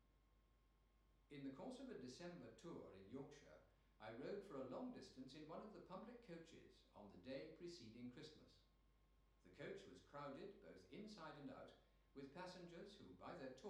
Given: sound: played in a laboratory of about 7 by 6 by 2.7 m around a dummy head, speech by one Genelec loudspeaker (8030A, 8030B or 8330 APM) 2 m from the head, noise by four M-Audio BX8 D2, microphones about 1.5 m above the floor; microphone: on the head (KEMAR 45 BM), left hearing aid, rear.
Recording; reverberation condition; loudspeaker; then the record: male speech in English; medium; 150 degrees to the right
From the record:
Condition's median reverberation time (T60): about 510 ms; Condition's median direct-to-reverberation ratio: about -0.5 dB